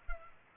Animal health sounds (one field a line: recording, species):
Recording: mosquito wingbeat signal from an infrared sensor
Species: Culex pipiens